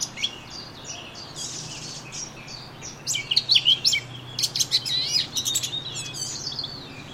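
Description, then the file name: Eurasian blackcap with bursts of quick, high, chattering warbled notes in the second half, over a steady low hum. "Sylvia atricapilla"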